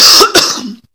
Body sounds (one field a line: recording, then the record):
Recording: coughing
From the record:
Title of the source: November cold (wet coughing)